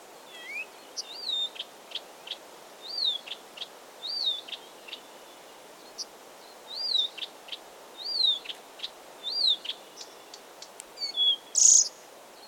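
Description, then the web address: Blyth's reed warbler singing a wavy, whistled phrase again and again, separated by sharp dry clicks, ending with a harsher burst. Recorded 16 June 2022. "fagelljud 20220616 busksangare"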